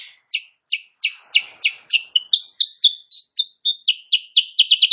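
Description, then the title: Sooty-headed bulbul song: sharp chirps gradually quickening, briefly becoming pure whistled notes, then returning to dense, rapid, stuttering chirps at the close. Energetic morning song used as a masteran recording for training other songbirds; described as gacor and as provoking rival birds to answer. "Masteran Kutilang Sutra. Kutilang Sutra GACOR pagi hari bikin lawannya AUTO NYAUT"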